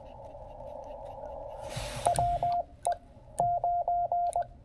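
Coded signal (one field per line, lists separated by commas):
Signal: Morse code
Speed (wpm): 15 wpm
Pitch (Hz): 700 Hz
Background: radio noise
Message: WE 9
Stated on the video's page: Five-watt CW park activation with a Penntek TR-45L, making twenty contacts.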